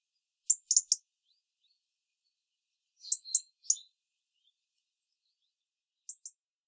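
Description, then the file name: European robin giving sharp, high ticking calls in short bursts of two or three, repeated roughly every three seconds, with a few faint soft notes between and otherwise quiet surroundings. "Erithacus rubecula"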